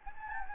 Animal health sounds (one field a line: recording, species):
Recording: mosquito wingbeat signal from an infrared sensor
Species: Anopheles gambiae